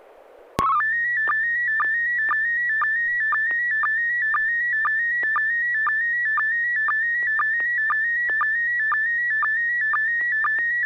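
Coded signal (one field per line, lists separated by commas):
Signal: SSTV (slow-scan television)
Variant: PD 120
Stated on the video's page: SSTV net on an FM repeater at 441.300 MHz, using MMSSTV software.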